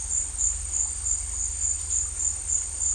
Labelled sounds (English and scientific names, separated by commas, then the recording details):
none
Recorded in dense forest near Puerto Asís, Putumayo, Colombia, on 20 December 2024 at 16:30
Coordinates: 0.467, -76.328
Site GP05